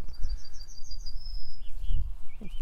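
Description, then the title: Yellowhammer song, a rattle of high repeated notes flowing into one sustained note, followed by a few lower slurred calls and low rumbling noise. Farmland bird; song. "2020 BIRD SOUNDS FROM THE FIELD 4-YELLOWHAMMER SONG"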